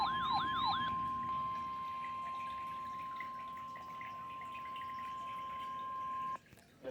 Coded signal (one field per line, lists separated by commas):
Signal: Emergency Alert System (SAME) tones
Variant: 1050 Hz attention tone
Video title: EAS/NWR Alert or message #816-818: Severe Thunderstorm Warning #1